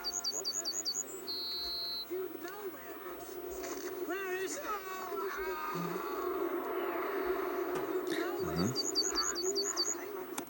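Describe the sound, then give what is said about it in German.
A yellowhammer sings a rapid series of thin, high repeated notes, trailing off into a longer drawn note, then repeats the phrase later over a low steady background rumble with other faint chirps. “Ich hab's mit einem Vogelkundler gecheckt, das sind Goldammern.”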